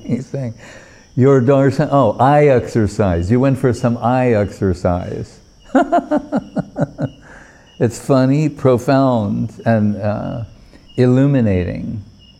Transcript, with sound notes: He's saying, “Your darshan, oh, eye exercise, you went for some eye exercise.” [laughing] It's funny, profound, and illuminating.